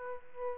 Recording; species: mosquito wingbeat signal from an infrared sensor; Aedes aegypti